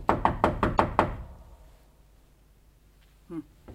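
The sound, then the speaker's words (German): Five loud, quick knocks on a door in an even rhythm, followed by a long quiet stretch and a brief faint voice-like sound near the end. “Hier. Sie meint, der wäre noch da. Klopfen wir nochmal.”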